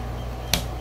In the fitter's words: he clicks into place like